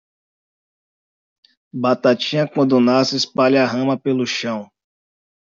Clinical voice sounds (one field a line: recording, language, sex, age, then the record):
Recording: short text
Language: Brazilian Portuguese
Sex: male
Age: 30 to 39 years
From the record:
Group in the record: control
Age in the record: 33 years